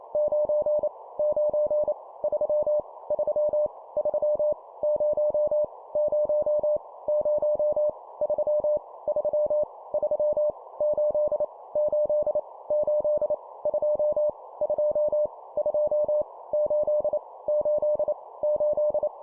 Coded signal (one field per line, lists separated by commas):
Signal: Morse code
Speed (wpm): 28 wpm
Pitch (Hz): 600 Hz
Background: none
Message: 9 9 3 3 3 0 0 0 3 3 3 8 8 8 2 2 2 8 8 8